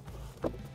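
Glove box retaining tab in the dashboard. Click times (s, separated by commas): 0.5 s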